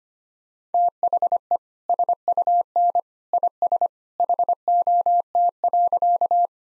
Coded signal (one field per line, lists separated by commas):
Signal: Morse code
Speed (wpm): 25 wpm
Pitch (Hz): 700 Hz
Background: none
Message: THE SUN IS HOT.